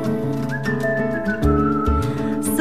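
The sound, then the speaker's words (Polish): A person whistles a slow melody in long, steady high notes, carried over a dense instrumental backing with a couple of soft low thumps. “Noce gwiżdżę sobie.”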